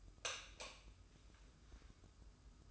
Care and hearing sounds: daily activity, microphone in the room; light off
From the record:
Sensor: 2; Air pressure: 995.2 hPa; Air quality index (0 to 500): 71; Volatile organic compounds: 2 ppm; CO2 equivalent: 1237 ppm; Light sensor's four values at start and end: 12/35/14/13 and 7/17/7/7

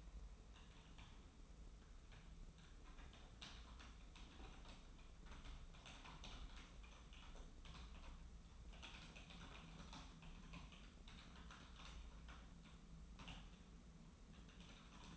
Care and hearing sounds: daily activity, microphone in the room; typing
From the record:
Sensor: 1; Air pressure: 994.4 hPa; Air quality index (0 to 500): 220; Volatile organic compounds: 1000 ppm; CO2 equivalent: 7869 ppm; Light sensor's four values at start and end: 62/138/61/65 and 61/135/60/64

